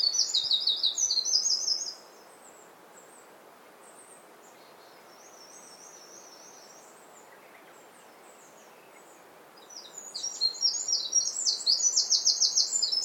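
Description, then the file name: Eurasian wren trilling song at the start, a long quiet gap with faint high notes, then loud rattling trills resume. "Troglodytes troglodytes"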